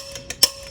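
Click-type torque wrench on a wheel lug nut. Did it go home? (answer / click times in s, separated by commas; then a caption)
yes / 0.3 s, 0.4 s. A click-type torque wrench is used to check a wheel lug nut's torque, giving a double click at about 0.3 s and 0.4 s. The two sharp clicks confirm the nut has reached its torque setting and is where it needs to be.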